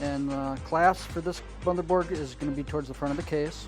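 A 24-pin ATX power cable connector is handled over the motherboard header with its clasp toward the front of the case, during an HP Pavilion TG01 case swap into an Antec Case V2. Someone talks over background music. The connector has not seated or clicked in yet.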